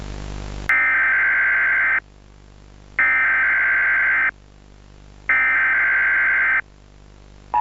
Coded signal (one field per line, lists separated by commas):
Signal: Emergency Alert System (SAME) tones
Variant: header bursts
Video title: Playtime Co. Factory Disaster - EAS Scenario #2